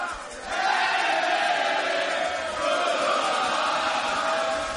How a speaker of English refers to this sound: This crowd is nuts. They're singing.